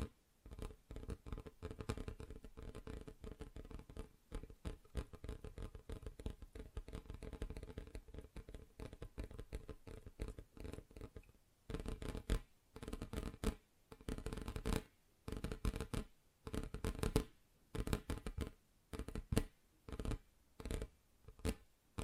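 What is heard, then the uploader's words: Fingers tap on various surfaces in quick, dense bursts of dull knocks with a low thud underneath. For the first half the tapping runs nearly continuous; after about eleven seconds it breaks into separate flurries split by short silences, sounding sharper and brighter. ASMR Just Tapping (Different Surfaces No Talking).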